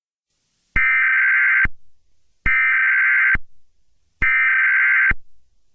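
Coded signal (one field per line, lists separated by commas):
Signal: Emergency Alert System (SAME) tones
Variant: header bursts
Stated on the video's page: Fictional EAS scenario; the alert is simulated.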